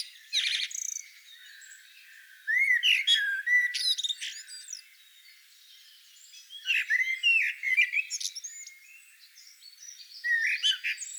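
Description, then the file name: Common blackbird song: about four mellow warbled phrases, each breaking into a high squeaky twitter, separated by short pauses. "Turdus merula"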